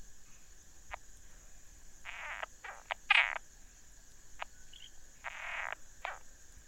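Frog calls: buzzy rasping croaks and ticks in irregular clusters, one sharper loud burst near three seconds, over a continuous high hum.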